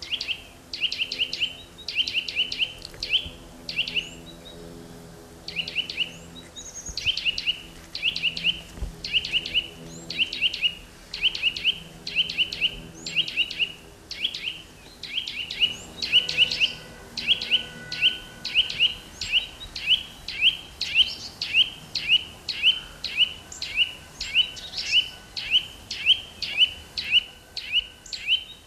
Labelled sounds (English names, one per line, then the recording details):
Eurasian Nuthatch song
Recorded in the wild
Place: Locarno, Tessin, CH
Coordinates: 46.1872, 8.7925
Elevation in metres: 1033
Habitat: mountains
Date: 1978-03-10
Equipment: Uher 4000
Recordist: Tretzel, Erwin
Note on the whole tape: 10./11.3.1978, St. Bernardo, Locarno: Gesang mit erregtem "tetetet" und Übergang zu "tuit"